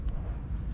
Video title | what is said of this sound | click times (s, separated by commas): DIY SOLUTIONS Kit Video Series - Episode 5 | all the way to where the push locks all the way on and it's locked into place | 0.1 s